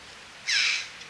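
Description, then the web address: Red-billed chough giving one short, harsh, high-pitched call lasting about a third of a second, over quiet background hiss. "Gracchio corallino"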